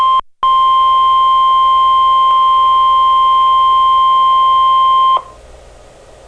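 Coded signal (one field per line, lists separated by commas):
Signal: Emergency Alert System (SAME) tones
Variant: 1050 Hz attention tone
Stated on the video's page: Alert tones for a Severe Thunderstorm Watch expansion.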